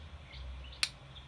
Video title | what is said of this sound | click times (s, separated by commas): Slingshot band slots tutorial - Braindeef | one and in and then the other end in and you'll hear a good click | 0.8 s